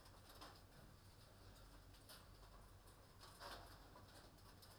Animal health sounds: poultry house recording; no chicken sound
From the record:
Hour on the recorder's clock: 23

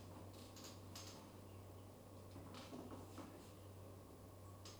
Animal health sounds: poultry house recording; no chicken sound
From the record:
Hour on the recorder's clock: 19

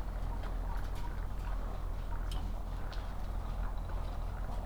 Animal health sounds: poultry house recording; sick chickens (respiratory disease)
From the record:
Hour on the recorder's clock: 8

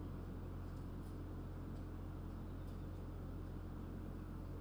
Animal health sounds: poultry house recording; healthy chickens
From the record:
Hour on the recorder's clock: 23

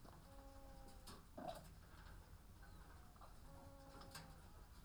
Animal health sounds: poultry house recording; sick chickens (respiratory disease)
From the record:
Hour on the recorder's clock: 14

